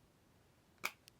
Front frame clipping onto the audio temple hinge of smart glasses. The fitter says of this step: Wow, just clicks into place, and you know you've done it right, you just feel it.